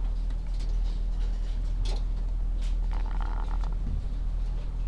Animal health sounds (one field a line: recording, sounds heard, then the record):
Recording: poultry house recording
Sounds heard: sick chickens (respiratory disease)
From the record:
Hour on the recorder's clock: 11